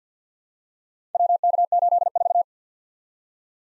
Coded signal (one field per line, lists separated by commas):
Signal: Morse code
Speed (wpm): 51 wpm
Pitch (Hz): 700 Hz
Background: none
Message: WK84